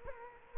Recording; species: mosquito wingbeat signal from an infrared sensor; Culex quinquefasciatus